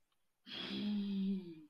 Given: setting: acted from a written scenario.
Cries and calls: vocal sound without words; elation

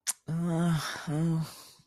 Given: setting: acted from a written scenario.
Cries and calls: vocal sound without words; embarrassment

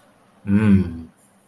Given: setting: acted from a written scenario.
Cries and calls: vocal sound without words; desire

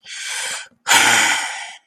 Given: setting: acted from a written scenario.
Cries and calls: vocal sound without words; anger

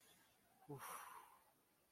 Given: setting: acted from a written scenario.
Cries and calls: vocal sound without words; romantic love

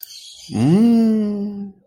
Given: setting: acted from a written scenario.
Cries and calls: vocal sound without words; desire

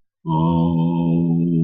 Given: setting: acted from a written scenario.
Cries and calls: vocal sound without words; disappointment

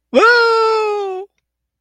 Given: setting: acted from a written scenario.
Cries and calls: vocal sound without words; distress

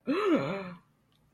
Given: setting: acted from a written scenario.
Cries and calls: vocal sound without words; positive surprise

